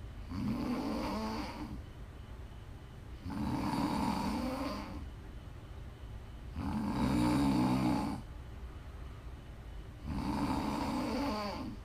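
An adult snoring: four loud, rattling inspiratory snores with quiet exhalations between, about 18 breaths a minute, in a fairly regular rhythm.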